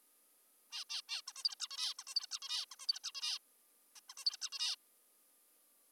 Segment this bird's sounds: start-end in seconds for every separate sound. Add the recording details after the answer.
0.72-0.84, 0.90-1.02, 1.09-1.22, 1.28-1.33, 1.36-1.44, 1.44-1.55, 1.60-1.68, 1.71-1.94, 1.99-2.04, 2.08-2.14, 2.16-2.26, 2.31-2.39, 2.42-2.65, 2.71-2.76, 2.80-2.87, 2.88-2.99, 3.04-3.12, 3.15-3.38, 3.96-4.00, 4.10-4.14, 4.18-4.24, 4.26-4.37, 4.42-4.50, 4.52-4.76. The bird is an adult. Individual g19o3U